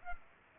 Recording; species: mosquito wingbeat signal from an infrared sensor; Culex pipiens